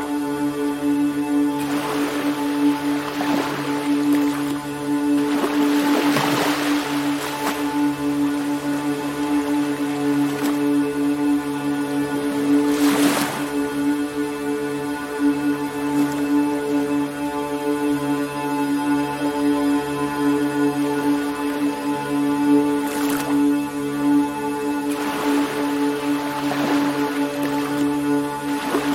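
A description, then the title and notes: A steady, humming drone of ambient music holds beneath ocean waves that surge and wash through every few seconds, brightest around six and thirteen seconds. Oceanic Ambience: Soothing Ambient Music Accompanied by the Sound of Ocean Waves.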